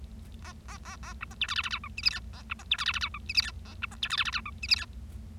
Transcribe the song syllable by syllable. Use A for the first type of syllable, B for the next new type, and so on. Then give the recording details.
A A A A B C D E F F G H I J K A B C D E F F G H I J K A B C D E F F G H I J K. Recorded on 25 March 2012 at 16:28. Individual gy6or6